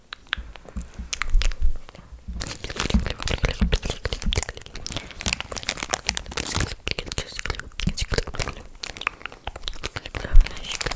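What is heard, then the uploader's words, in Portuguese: Many mouth sounds: dense, irregular clicks, smacks and wet crackles. The first two seconds are sparser with a few soft pops, then from about 2.5 seconds the clicks pile up thickly and brightly until the end, with a sharp pop near 10.5 seconds. ASMR TE CONTANDO ALTAS FOFOCAS (inaudível com sons de boca). Nesse ASMR te conto várias fofocas em inaudível e muitos sons de boca, extremamente arrepiantes.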